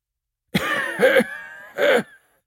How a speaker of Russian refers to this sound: Сколько бы Чоннам ни сдерживался, ему не удавалось утихомирить свой кашель.